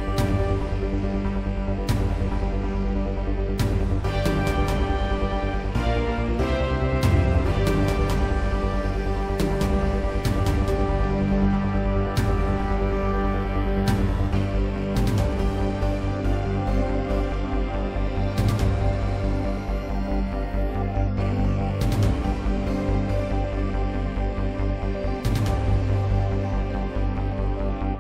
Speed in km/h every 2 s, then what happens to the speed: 135, 137, 137, 137, 137, 137, 137, 137, 135, 137, 137, 137, 137, 137.
0-28 steady at about 137.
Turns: none.